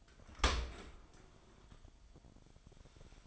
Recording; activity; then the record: daily activity, microphone in the room; open dishwasher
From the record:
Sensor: 5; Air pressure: 1003.2 hPa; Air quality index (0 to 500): 126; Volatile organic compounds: 1 ppm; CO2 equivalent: 930 ppm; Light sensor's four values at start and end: 69/168/70/78 and 67/162/68/75